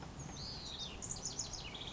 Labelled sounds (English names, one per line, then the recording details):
House Wren
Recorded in Sonoma County, California